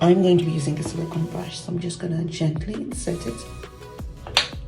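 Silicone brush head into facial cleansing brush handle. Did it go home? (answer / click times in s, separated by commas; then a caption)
yes / 4.4 s. A silicone brush head is gently pushed onto the handle of a Vuka Skin sonic facial cleansing brush while someone talks over background music. A sharp click is heard at 4.4 s as the brush head seats and is secure.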